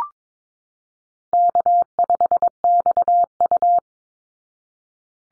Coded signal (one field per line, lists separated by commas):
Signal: Morse code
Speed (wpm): 22 wpm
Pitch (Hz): 700 Hz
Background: none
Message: K5XU